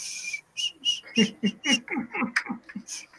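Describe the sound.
A person imitates a bird's chirping to make a segment transition, a quick series of about ten short, high, tweeting bursts in an uneven rhythm, fairly loud and alone with no talking.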